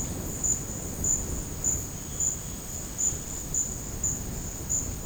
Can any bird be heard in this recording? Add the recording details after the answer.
yes. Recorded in dense forest near Puerto Asís, Putumayo, Colombia, on 25 June 2025 at 13:00. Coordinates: 0.486, -76.317. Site G065